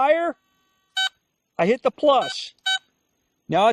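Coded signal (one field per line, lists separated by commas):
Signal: none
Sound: metal detector setting beeps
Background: speech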